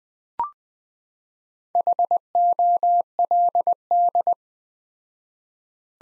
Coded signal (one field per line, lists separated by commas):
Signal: Morse code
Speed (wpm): 20 wpm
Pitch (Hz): 700 Hz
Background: none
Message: HOLD